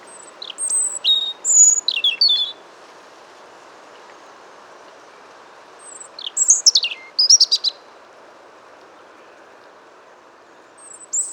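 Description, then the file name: European robin song: two short bursts of thin, high, tumbling warbled notes separated by several seconds of quiet, then the start of another at the end, over a soft steady hiss. "Erithacus rubecula"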